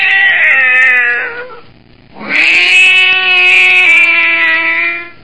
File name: scream cats